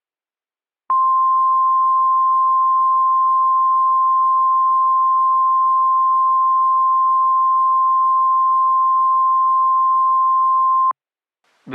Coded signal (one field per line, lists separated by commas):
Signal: Emergency Alert System (SAME) tones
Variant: 1050 Hz attention tone